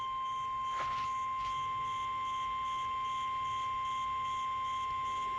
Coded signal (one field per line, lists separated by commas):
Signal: Emergency Alert System (SAME) tones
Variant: 1050 Hz attention tone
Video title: ANOTHER FFW? | Flash Flood Warning (EAS #17)